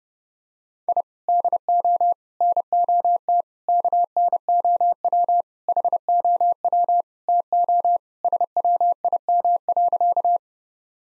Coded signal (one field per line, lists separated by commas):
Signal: Morse code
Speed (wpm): 32 wpm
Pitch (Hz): 700 Hz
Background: none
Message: I DO NOT KNOW HOW TO SWIM.